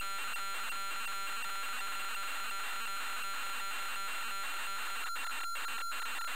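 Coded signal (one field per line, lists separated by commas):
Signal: computer data on cassette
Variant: Amstrad CPC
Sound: harsh buzzing, screeching data tones changing texture every fraction of a second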